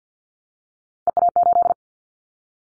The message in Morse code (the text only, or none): EA8